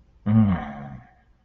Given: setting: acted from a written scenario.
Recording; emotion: vocal sound without words; contempt